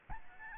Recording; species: mosquito wingbeat signal from an infrared sensor; Aedes albopictus